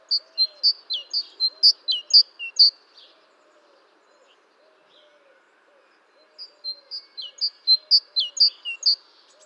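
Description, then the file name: Great tit calls: a quick series of sharp, high chipping and tinkling notes, a pause of several seconds, then another similar burst. Recorded 14 March 2018. "Mésange-charbonnière 20180314"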